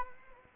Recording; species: mosquito wingbeat signal from an infrared sensor; Anopheles arabiensis